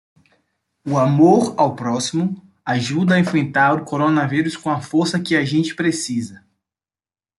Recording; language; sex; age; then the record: spoken sentence; Brazilian Portuguese; male; 20 to 29 years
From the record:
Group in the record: control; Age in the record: 22 years